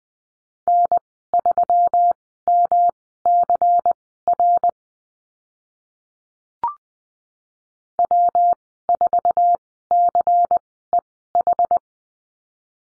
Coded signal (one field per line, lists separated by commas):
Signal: Morse code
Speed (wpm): 20 wpm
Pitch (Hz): 700 Hz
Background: none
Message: N3MCR W4CEH